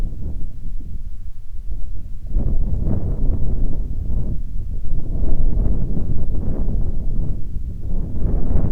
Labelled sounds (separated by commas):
wind